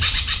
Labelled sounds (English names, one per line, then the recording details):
Brown-throated Parakeet contact call
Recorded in Venezuela
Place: PN Cerro Saroche, Tierras del Sr. Polo, Edo. Lara
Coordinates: 10.171, -69.518